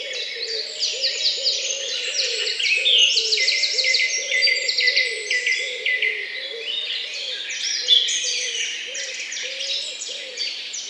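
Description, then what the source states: Birds chorusing with fast overlapping high trills and chirps, while a low rhythmic pulsing sound runs steadily below. Morning birdsong.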